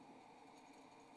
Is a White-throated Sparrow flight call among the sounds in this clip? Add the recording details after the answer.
no. No flight call is heard. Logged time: 02:10 on 28 November 2014